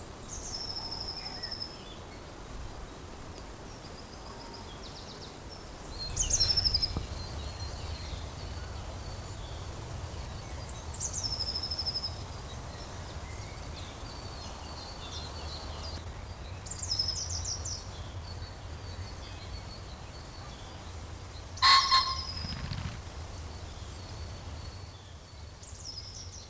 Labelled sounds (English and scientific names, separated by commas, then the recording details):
Common Chiffchaff (Phylloscopus collybita)
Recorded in the wild
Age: adult
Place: Mühlenbeck, am Tegeler Fließ, Brandenburg, DE
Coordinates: 52.6, 13.282
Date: 1992-04-11 11:35
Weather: heiter, 14°C, Wind
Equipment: Nagra SN, Mikrofon AKG CK 8, Kopie Tesla B 116
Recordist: Tembrock, Günter